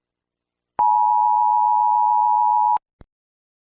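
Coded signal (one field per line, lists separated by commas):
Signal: Emergency Alert System (SAME) tones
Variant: 853 and 960 Hz attention tone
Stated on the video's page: Fictional EAS scenario, not a real alert.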